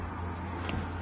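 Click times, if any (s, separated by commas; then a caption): 0.7 s. A bedroom dresser drawer on full-extension roller-bearing glides in a 2012 Heartland Cyclone 3800HD toy hauler is pushed shut over a steady low hum. It snaps into its travel catch with a single short click at 0.7 s, so it stays closed during travel.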